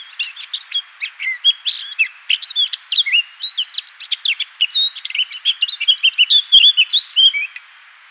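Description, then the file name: Eurasian blackcap in a rapid, chattering warble of mixed squeaky and clear whistled notes, stopping about half a second before the end. "Sylvia atricapilla"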